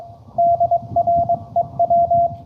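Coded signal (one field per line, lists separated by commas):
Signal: Morse code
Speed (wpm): 23 wpm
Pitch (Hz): 700 Hz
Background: radio noise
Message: DREW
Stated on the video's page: Live POTA park activation in Morse code.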